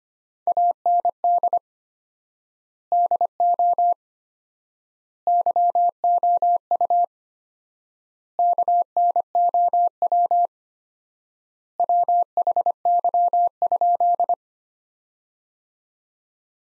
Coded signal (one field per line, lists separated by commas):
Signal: Morse code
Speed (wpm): 25 wpm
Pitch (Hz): 700 Hz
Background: none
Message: AND DO YOU KNOW WHY?